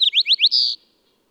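Bird song: a short note, three quick rising upslurred notes, then a longer harsher note, then silence.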